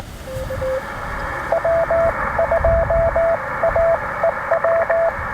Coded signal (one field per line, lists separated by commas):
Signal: Morse code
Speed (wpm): 20 wpm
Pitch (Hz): 690 Hz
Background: radio noise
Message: W2AEW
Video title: Two Watts, Big Fun! POTA with the AX2 & KE8PTX’s 3D-Printed Mini Clamp